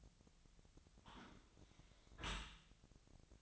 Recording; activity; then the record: daily activity, microphone in the room; close dishwasher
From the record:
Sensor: 3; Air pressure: 1003.0 hPa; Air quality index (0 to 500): 198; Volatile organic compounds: 6 ppm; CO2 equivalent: 1926 ppm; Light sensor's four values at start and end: 34/84/36/39 and 34/84/36/39